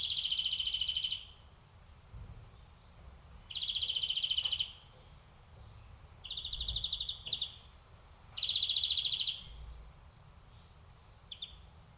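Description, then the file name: European greenfinch giving long buzzy, nasal wheezes, each about a second long, four of them spaced throughout with quiet gaps between, plus a short final note. "Chloris chloris"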